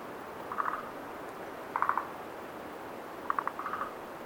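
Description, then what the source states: Frog calls in three short bursts of rapid clicking pulses, over a steady soft wind noise. Frogs at night at Lake Tazawa, with wind.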